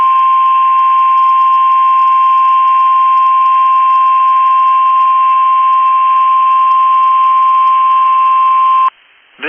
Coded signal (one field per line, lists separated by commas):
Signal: Emergency Alert System (SAME) tones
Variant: 1050 Hz attention tone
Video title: Northeast Winds, Southern Storms. | EAS Alerts from 2/15/25 | EAS#1,662-1,670